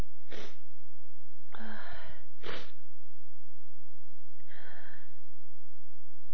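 Several loud, explosive bursts of hissing air over about six seconds, some preceded by a voiced, drawn-in 'ah'. These are violent, forceful sneezes from an adult woman, an ordinary reflex that clears irritants from the nose.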